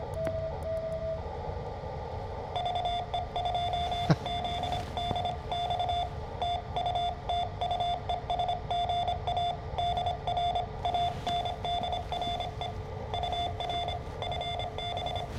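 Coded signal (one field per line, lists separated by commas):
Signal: Morse code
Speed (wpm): 26 wpm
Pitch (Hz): 3500 Hz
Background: none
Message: VE2ZDX TU TU ES GA DR ANDRE UR FB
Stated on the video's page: CW contact made using an Elecraft AX3 whip antenna.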